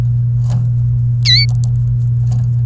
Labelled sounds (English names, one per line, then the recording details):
Domestic Canary song
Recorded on 29 April 2018 at 07:55
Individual llb3